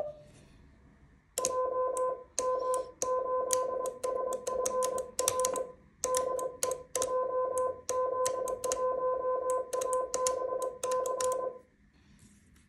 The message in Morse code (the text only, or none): JM8SFR DE JZ1ABC